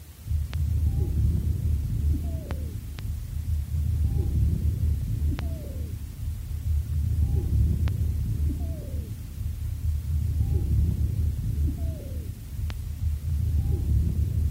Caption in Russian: Свистящие хрипы у больной, страдающей хроническим обструктивным бронхитом. Основной дыхательный шум представлен жестким дыханием. Высокочастотные свистящие хрипы образуются при наличии вязкого секрета в мелких бронхах и бронхиолах.